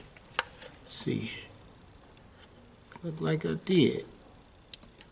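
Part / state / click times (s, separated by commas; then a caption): electrical connector onto transmission solenoid pack / seated / 4.7 s. An electrical connector is pushed home onto the transmission solenoid pack of a 2009 Town and Country while someone talks. A single sharp click at 4.7 s confirms the connector has seated.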